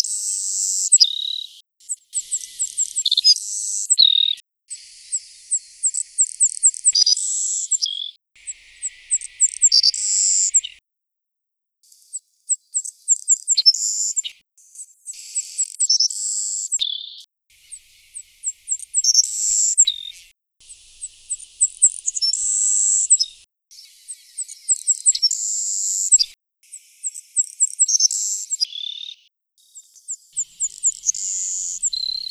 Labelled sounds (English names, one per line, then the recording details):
Savannah Sparrow song
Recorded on Kent Island, New Brunswick, in 2010